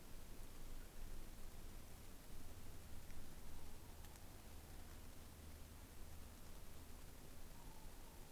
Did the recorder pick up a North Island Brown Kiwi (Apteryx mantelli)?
no